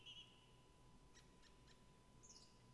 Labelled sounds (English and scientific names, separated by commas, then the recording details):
Song Thrush (Turdus philomelos)
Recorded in Germany
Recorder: ecoPi